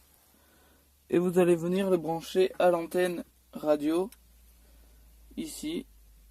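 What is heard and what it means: An antenna adapter is handled and brought onto a car's radio antenna plug while a Kenwood KDC-X5000BT car radio is being installed, as someone talks over a quiet, low background hum. Nothing has seated or clicked yet; the adapter has not gone home by the end of the clip.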